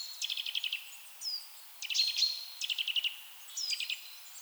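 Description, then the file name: Eurasian nuthatch calls: four bursts of rapid clipped notes, with a couple of short whistled slurs. "Sitta europaea"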